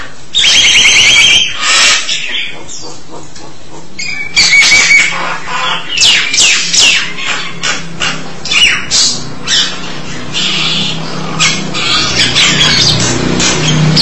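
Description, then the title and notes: Starling song, a loud jumble of harsh rasping bursts, sharp clicks and brief whistled notes, delivered in quick irregular runs with barely a pause. "suara burung jalak"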